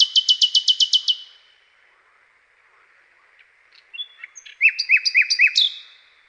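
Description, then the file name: Common nightingale: bird song opening with a rapid trill of repeated high notes, a pause, then loud rhythmic rising whistled notes in a quick series. "SLOWIKRDZAWY"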